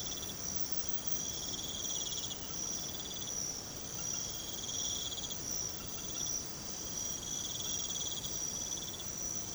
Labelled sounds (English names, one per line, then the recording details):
none
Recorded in pastures near Puerto Asís, Putumayo, Colombia, on 13 March 2025 at 01:00
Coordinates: 0.486, -76.323
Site G075